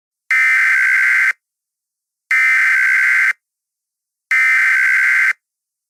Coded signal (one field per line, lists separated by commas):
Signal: Emergency Alert System (SAME) tones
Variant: header bursts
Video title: Cascadia Subduction Zone EAS - Scenario #1